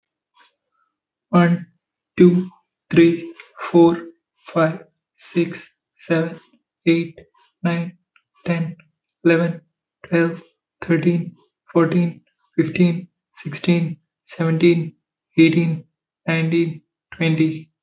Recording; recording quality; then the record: counting at a normal pace; excellent, no background noise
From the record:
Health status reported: healthy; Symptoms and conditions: none ticked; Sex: male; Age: 25 years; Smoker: not ticked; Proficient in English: yes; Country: India